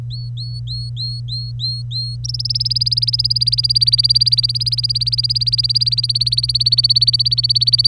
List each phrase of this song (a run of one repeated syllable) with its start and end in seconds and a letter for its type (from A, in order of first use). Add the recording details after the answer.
0.10-2.16 A, 2.24-7.88 B. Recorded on 25 April 2018 at 05:50. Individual llb3